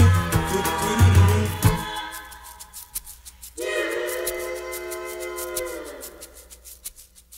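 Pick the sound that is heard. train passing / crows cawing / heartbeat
train passing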